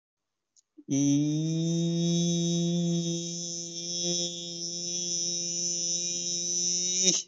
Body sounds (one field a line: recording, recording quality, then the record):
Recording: sustained vowel as in beet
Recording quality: excellent, no background noise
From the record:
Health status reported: COVID-19 positive, no symptoms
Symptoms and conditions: none ticked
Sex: male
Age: 25 years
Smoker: not ticked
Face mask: not worn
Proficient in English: no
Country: India